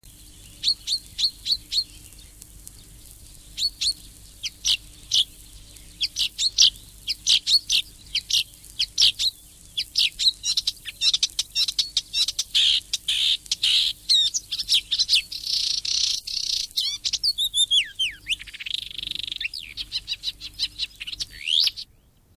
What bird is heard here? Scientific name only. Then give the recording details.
Acrocephalus palustris. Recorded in the wild. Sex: male. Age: adult. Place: DE. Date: 1962-04-01. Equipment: Überspiel, Halbspur, Telefunken M 85. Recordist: Tretzel, Erwin. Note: Männchen: spezielles Motiv "D. Traber-Pl." Aufnahme hat keine Orts- und Datumsangaben. Aufnahme wurde sonografiert